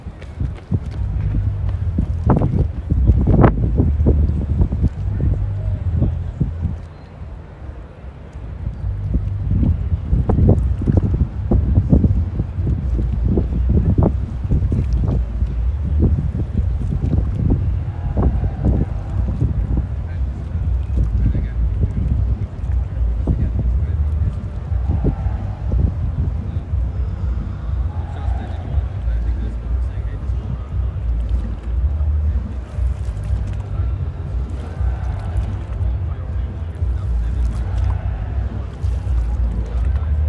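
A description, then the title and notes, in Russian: Ocean sound on a Portuguese evening: a steady low rumble of surf with frequent thuds and wind buffeting, plus faint voices throughout. Сегодня на ночь мы включаем звук океана на фоне португальского вечера.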